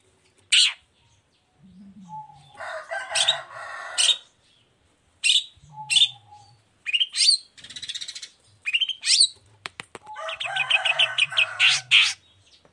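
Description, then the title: Long-tailed shrike song: varied sharp whistled notes alternating with harsh buzzy bursts, irregular phrases with short pauses between them. Chatty singing long-tailed shrike in the morning, the song's varied 'toet toet' notes used as a lure to provoke other long-tailed shrikes to answer and sing. "Cendet Gacor Dor Di Kala Pagi Toet Toet Variasi Suara. Pancingan Emosi Cendet Gacor Full Variasi Toet Toet Bikin Nyaut Cendet Lain Langsung Ikutan Bunyi"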